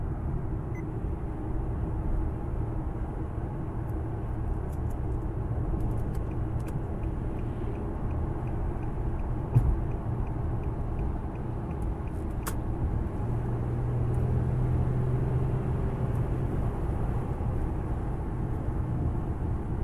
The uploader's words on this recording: ROAD DRIVING AMBIENT NOISE SOUNDS. A collection of driving sounds, with a focus on the sounds of the engine, the road, and the environment.